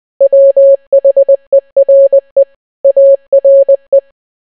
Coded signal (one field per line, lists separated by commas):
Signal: Morse code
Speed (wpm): 20 wpm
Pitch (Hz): 550 Hz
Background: none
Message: WHERE ARE